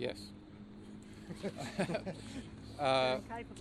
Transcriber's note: laughter